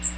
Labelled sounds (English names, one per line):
Magnolia Warbler flight call